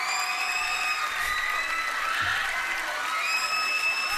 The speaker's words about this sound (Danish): Det, som egentlig kan vække en mistanke, det er, at det skrig, der hele tiden kommer, det virker påfaldende ens lydende, ikke? Det er sådan set det samme skrig, der ryger hele tiden.